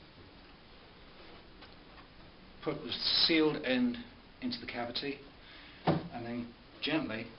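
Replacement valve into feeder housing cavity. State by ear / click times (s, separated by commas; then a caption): not seated / none. A replacement valve is flexed slightly and its sealed end is guided into the feeder housing cavity, ready to be pushed home. Only quiet handling sounds are heard while someone talks. The valve has not seated or clicked yet.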